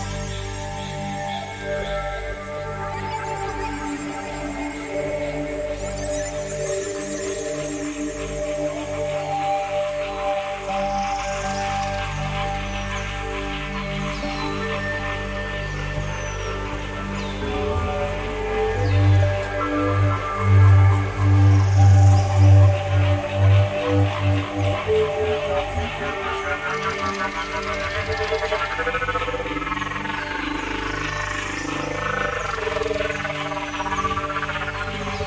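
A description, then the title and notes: A Florida outdoor field recording with a steady, dense chorus of animal calls, likely frogs, layered over a low rumble. Around 19 to 24 seconds a deeper pulsing call swells louder, and a few bright chirps and faint sweeping cries rise above the mix. A psychedelic soundscape with nature field recordings made in Florida.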